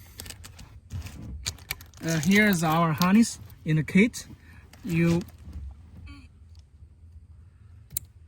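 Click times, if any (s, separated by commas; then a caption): 8.0 s. A plug from the RedArc Towpro brake controller kit harness is connected to the vehicle wiring connector on a Toyota Land Cruiser 300 while someone talks, with scattered light handling clicks early on. A loud, sharp click at 8.0 s shows the harness plug has seated firmly.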